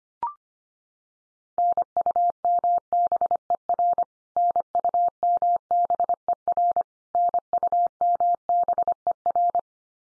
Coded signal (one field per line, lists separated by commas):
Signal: Morse code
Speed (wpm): 25 wpm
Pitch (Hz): 700 Hz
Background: none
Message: NUMBER NUMBER NUMBER